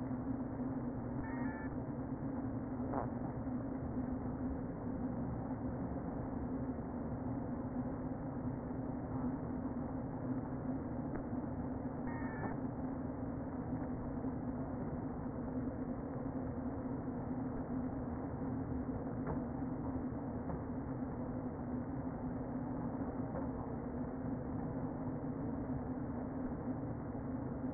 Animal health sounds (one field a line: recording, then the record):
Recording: honeybee colony, microphone inside the hive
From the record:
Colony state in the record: queen present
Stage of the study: before two queens were removed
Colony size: about 60,000 bees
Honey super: yes